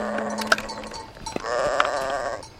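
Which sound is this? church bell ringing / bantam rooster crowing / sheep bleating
sheep bleating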